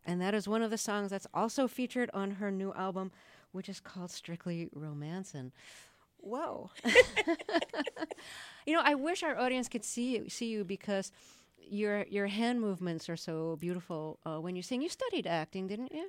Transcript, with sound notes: and that is one of the songs that's also featured on her new album, which is called "Strictly Romancin'." Whoa.
(SOUNDBITE OF LAUGHTER)
You know, I wish our audience could see you because your hand movements are so beautiful when you sing. You studied acting, didn't you?